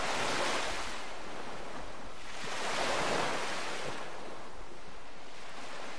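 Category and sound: nature, ocean waves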